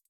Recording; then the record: hydrophone in a shrimp aquaculture tank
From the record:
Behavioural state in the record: feeding